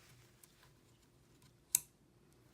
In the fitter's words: actually has a nice click and a very nice tension feel to it